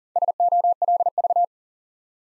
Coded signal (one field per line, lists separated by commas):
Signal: Morse code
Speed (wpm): 40 wpm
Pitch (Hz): 700 Hz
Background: none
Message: SOLV